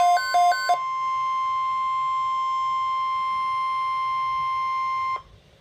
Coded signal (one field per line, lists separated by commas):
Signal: Emergency Alert System (SAME) tones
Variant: 1050 Hz attention tone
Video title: Severe Thunderstorm Watch #331 Expansion - EAS #446